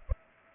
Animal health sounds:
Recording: mosquito wingbeat signal from an infrared sensor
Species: Culex pipiens

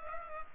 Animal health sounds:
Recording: mosquito wingbeat signal from an infrared sensor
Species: Culex pipiens

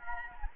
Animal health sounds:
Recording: mosquito wingbeat signal from an infrared sensor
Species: Anopheles gambiae

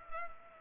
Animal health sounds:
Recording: mosquito wingbeat signal from an infrared sensor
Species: Culex pipiens

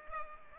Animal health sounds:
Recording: mosquito wingbeat signal from an infrared sensor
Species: Culex pipiens

